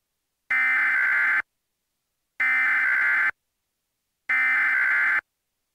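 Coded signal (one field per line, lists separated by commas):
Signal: Emergency Alert System (SAME) tones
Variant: header bursts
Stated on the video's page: Fictional mock EAS scenario created on computer depicting a nuclear implosion.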